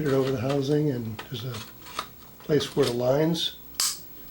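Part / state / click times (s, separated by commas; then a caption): lamp housing cover on a slit lamp illumination housing / seated / 3.8 s. After the bulb wire is replaced, the lamp housing cover is fitted over the slit lamp's illumination housing while someone talks. The cover is pressed until it snaps home with a sharp click at 3.8 seconds, seating it in place.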